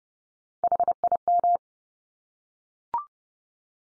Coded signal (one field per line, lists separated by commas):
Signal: Morse code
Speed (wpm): 30 wpm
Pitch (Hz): 700 Hz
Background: none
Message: HIM